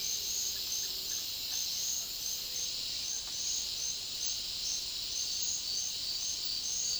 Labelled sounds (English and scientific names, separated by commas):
none